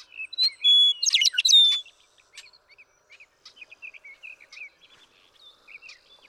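Western meadowlark song, a short whistled phrase breaking into a rapid jumbled flourish, followed by quieter ongoing chirping and twittering.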